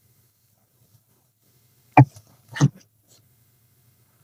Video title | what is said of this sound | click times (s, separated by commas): 12 Channel ECG machine working video.Uniwer UMS 12E | paper tray വയ്ക്കുമ്പോൾ രണ്ട് സൈഡിലും പിടിച്ച് ഒരുമിച്ച് പ്രസ് ചെയ്യാം. ലോക്ക് ആയിട്ടുണ്ട്. | 2.0 s